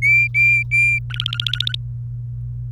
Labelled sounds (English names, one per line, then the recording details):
Domestic Canary song
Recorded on 27 April 2018 at 16:47
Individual llb3